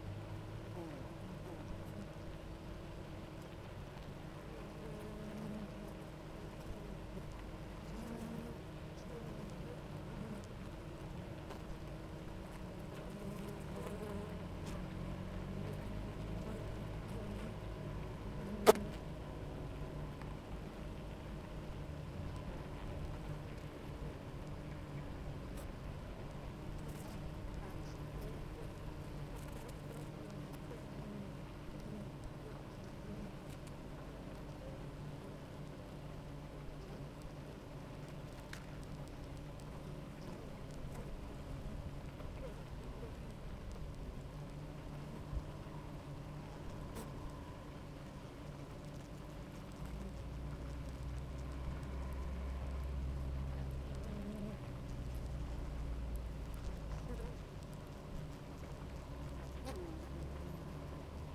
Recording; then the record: honeybee colony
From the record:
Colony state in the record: active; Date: 28 July 2017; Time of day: 9:54